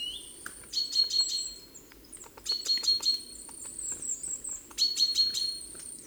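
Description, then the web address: Great tit repeating a short phrase of level whistled notes about every two seconds, mixed with thin high chirps. "SETE Parus major"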